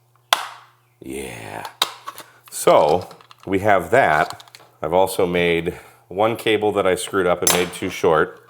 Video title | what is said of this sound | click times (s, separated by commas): The Contraption - Turn Your QMX Into An HF HT! | snap into place like this. Yeah. | 0.3 s